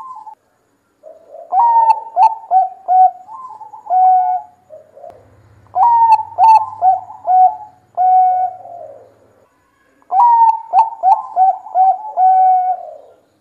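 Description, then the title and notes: Zebra dove singing three phrases, each a bubbling run of short cooing notes that ends in a longer falling coo, with pauses of a second or so between. Zebra dove song used as a lure; bird in full, lively song. "Pancingan Perkutut. Suara Burung Perkutut Gacor"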